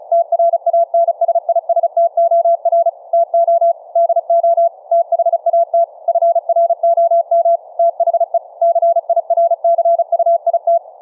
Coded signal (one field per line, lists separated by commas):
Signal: Morse code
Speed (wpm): 36 wpm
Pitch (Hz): 680 Hz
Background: none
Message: TRANSISTOR TO DO THAT FROM THE CIRCUIT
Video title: Transmit & Receive CW morse code over the FAMILY RADIO SERVICE 2-way radios - hands free transmit